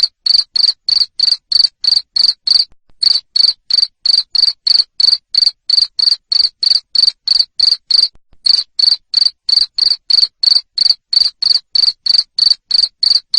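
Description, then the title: Cricket, a long steady train of sharp high-pitched chirps about three per second, pausing briefly twice. Loud cricket chirping (jangkrik ngerik) played to stimulate lovebirds into continuous singing (ngekek). "Suara JANGKRIK NGERIK Keras Bikin LOVEBIRD Jadi NGEKEK Terus Vubey"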